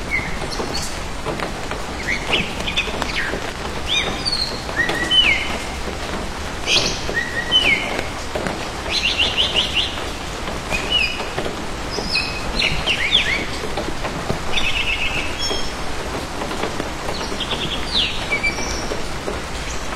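Early-morning rain falls steadily, a dense, even patter filling the whole clip. Birds chirp and trill above it throughout, short bright calls arriving every second or two, some in quick repeated bursts, with the rain never letting up underneath.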